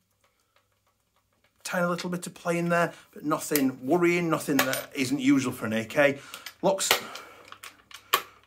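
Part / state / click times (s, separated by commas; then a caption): folding stock into rifle receiver lock / seated / 8.1 s. The folding stock of a Double Bell BY-012 black airsoft AK replica is swung into its lock on the rifle receiver. Someone talks, and after some handling noise the stock locks into place with a sharp snap at 8.1 s.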